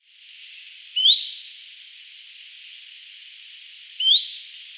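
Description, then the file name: Great tit calling in two short bursts about three seconds apart, each a few sharp high notes ending in a rising whistle, with faint other birds behind. "Parus major"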